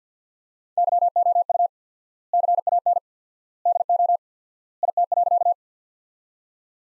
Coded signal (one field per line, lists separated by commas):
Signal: Morse code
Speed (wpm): 45 wpm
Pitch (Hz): 700 Hz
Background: none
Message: YOU CAN DO IT.